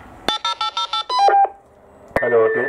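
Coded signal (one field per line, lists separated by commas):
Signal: DTMF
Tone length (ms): 110 ms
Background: speech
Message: 80808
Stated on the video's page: DTMF control of a Surecom repeater controller, linking two Baofeng walkie-talkies as a crossband VHF/UHF duplex emergency repeater.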